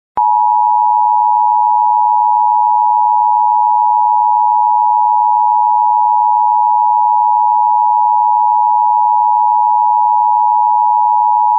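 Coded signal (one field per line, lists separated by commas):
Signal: Emergency Alert System (SAME) tones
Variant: 853 and 960 Hz attention tone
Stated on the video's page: Fictional EAS scenario about nuclear war in Civilization.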